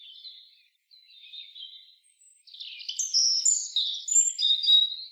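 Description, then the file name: European robin singing: soft, quiet, high notes at first, then a louder rapid cascade of twittering, warbling and thin whistled notes running to the end. "Erithacus rubecula"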